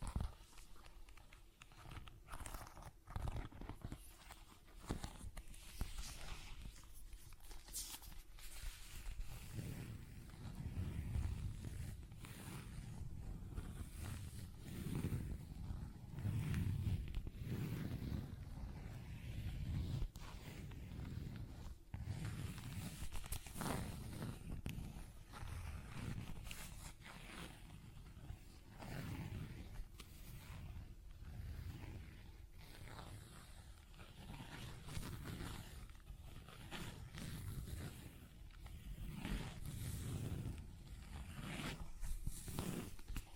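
Tapping, scratching and zipper sounds fill the 43 seconds, a dense run of short strokes and sharp ticks that repeat irregularly. After about ten seconds, low rubbing and thudding sounds join in and continue unevenly, with brighter zipping sweeps scattered throughout.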